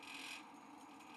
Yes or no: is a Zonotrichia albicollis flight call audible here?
no